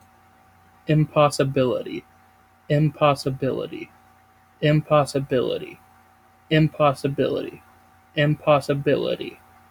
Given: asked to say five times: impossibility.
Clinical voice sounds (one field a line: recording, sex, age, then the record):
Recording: repeated word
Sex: male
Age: 20 to 29 years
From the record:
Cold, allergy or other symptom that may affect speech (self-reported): no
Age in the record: 27 years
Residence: United States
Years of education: 17